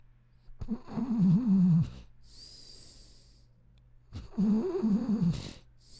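An adult sleeper's snoring: two loud, low, rattling inspiratory snores about 3.5 seconds apart, each lasting a bit over a second, separated by a quieter hissing exhalation. The regular coarse vibration marks ordinary snoring, with a faint steady hum in the background.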